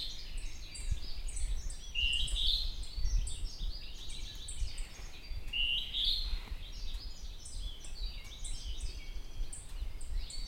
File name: hawk-cuckoo-rufous Hierococcyx-hyperythrus